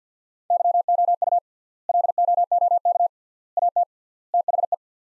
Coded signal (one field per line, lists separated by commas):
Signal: Morse code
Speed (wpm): 50 wpm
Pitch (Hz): 700 Hz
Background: none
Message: YOU LOOK AT THE